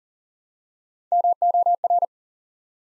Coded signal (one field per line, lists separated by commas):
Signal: Morse code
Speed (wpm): 39 wpm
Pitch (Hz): 700 Hz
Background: none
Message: MOR